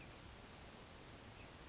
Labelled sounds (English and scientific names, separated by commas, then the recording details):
California Towhee (Melozone crissalis)
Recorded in Sonoma County, California